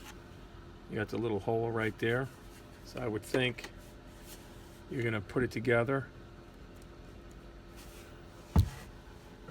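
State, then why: Seated. A plastic nozzle tube for a Ridgid Gen5X 18V cordless jobsite blower is fitted onto the blower body by lining up a tab with a hole while someone talks. A single sharp click at 8.6 s marks the tube locking into place on the body.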